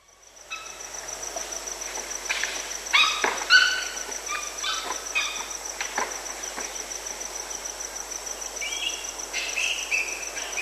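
Olive baboon calls, harsh harmonic barks and squeals clustered around three to four seconds, with a few others before and after, over a constant high-pitched drone.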